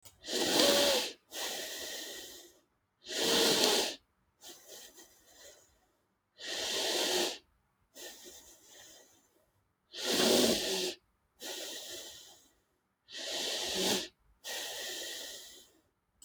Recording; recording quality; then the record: deep breathing; excellent, no background noise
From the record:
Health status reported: healthy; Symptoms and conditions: none ticked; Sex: female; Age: 28 years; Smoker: not ticked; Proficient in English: yes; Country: France